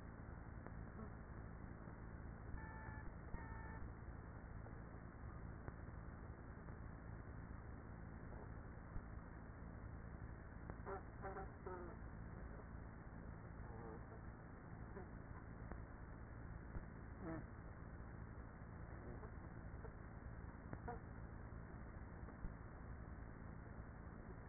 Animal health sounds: honeybee colony, microphone inside the hive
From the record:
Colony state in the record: queenless with a low population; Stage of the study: after two queens were removed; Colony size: about 30,000 bees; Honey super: no

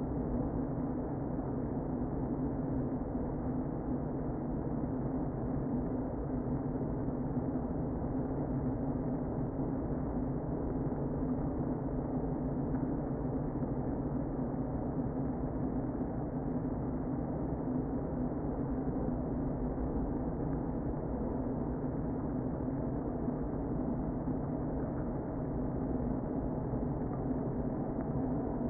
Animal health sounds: honeybee colony, microphone inside the hive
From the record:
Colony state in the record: queen present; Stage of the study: before two queens were removed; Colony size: about 60,000 bees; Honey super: yes

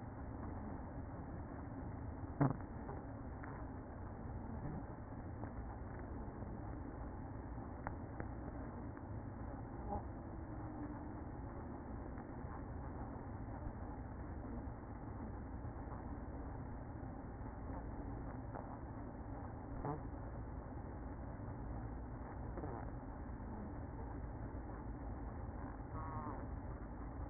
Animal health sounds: honeybee colony, microphone inside the hive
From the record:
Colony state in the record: queen present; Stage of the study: after two queens were removed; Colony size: about 60,000 bees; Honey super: yes

